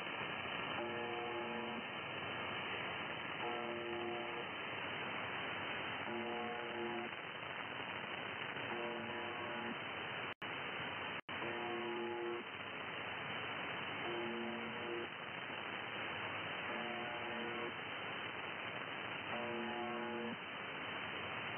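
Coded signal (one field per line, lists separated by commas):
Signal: channel marker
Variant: UVB-76 (The Buzzer)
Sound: repeating low harsh buzzes, about one second each, roughly every two seconds, under static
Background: radio static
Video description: First attempts on picking up the buzzer seem to work well.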